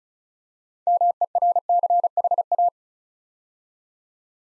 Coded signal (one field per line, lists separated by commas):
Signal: Morse code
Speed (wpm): 35 wpm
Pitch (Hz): 700 Hz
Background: none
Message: MERCHA